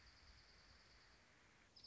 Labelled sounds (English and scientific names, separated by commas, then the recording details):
Dark-eyed Junco (Junco hyemalis)
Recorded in Sonoma County, California